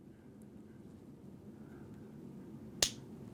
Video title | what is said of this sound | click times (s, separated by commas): THE NEW SCOTT APEX CORE IS HERE! | hear that click now I want to go at least a half a turn off of that | 2.8 s